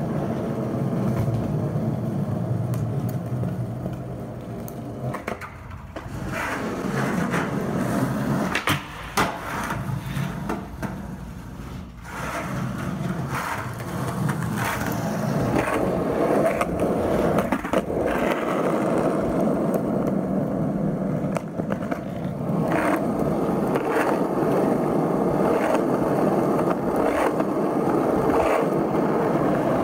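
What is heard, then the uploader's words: Skateboard wheels roll in a continuous low rumble across the whole clip, the grinding steady and fairly loud. Sharp clacks of boards hitting the ground break through every few seconds, notably near 6, 9, 12 and 21 seconds, with faint voices now and then. Skateboarding Sounds. Mix of random ppl skating.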